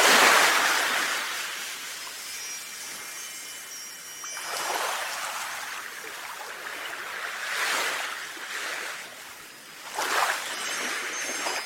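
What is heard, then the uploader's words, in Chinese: Seaside waves wash in and out, with surges of hiss at the start and again around 4.5, 7.5 and 10 seconds, easing between them. Faint, thin ringing tones, like wind chimes, linger high above the surf. 海边风铃。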